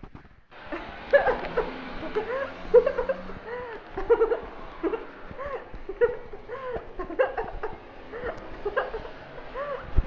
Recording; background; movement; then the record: laughter; traffic; walking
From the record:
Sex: female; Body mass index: 18.8 kg/m2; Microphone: on the chest, facing outward